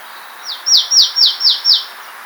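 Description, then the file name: Marsh tit calling: five sharp notes each dropping in pitch, delivered quickly in an even series against soft background noise. "Poecile palustris"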